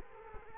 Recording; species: mosquito wingbeat signal from an infrared sensor; Culex quinquefasciatus